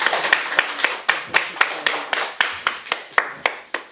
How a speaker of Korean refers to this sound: 우리 세 분을 위해서 한번 큰 박수로 환영하겠습니다.